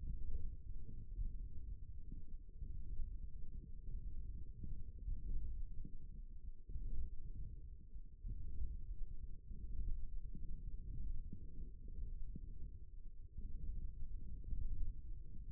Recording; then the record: forearm muscle sounds (acoustic myography)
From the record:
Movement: ulnar deviation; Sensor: system 1, eight BSWA MPA416 microphones around the upper forearm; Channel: 2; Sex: male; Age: 18 years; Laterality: right